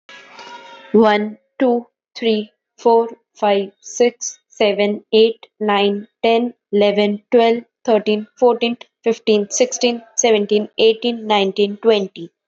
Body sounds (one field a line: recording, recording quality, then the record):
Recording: counting at a normal pace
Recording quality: excellent, no background noise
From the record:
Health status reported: respiratory illness, not identified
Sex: female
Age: 26 years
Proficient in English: yes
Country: India